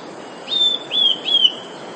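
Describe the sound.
Eurasian blue tit song, a single phrase of three high, clear whistled notes, each sliding slightly downward.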